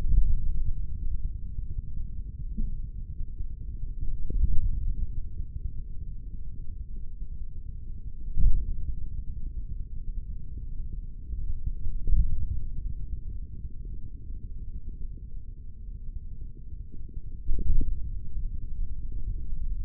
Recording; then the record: forearm muscle sounds (acoustic myography)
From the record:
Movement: index flexion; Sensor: system 3, bracelet of six PUI Audio POM-2738L microphones around the upper forearm, with dedicated amplification and filtering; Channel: 2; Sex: male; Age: 56 years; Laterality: right